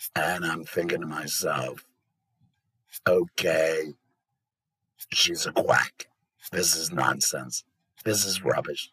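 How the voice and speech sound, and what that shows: A low-pitched, rough, somewhat creaky adult man's voice speaks short, intelligible phrases separated by long pauses. This is alaryngeal speech after total laryngectomy, with voice produced without a larynx or vocal cords.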